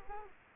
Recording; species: mosquito wingbeat signal from an infrared sensor; Culex quinquefasciatus